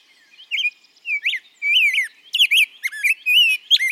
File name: Rose breasted Grosbeak